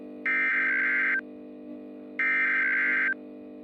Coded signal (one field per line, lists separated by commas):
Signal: Emergency Alert System (SAME) tones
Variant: header bursts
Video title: EAS Scenario: The Great South Blizzard